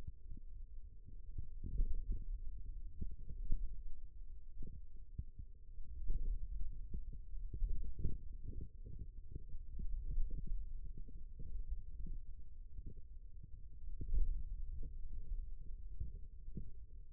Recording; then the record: forearm muscle sounds (acoustic myography)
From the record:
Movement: hand opening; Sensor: system 2, bracelet of six BSWA MPA416 microphones around the upper forearm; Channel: 3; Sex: male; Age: 22 years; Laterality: right